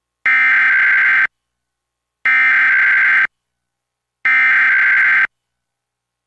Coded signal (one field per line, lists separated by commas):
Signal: Emergency Alert System (SAME) tones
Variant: header bursts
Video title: EAS #637-638: 2 EAS Required Monthly Tests- June 7, 2022- 12:15AM PDT